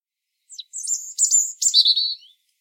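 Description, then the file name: European robin song: one brief phrase of thin, very high notes sliding into a rapid, slightly lower liquid warble, lasting under two seconds, with a quiet background. "Erithacus rubecula"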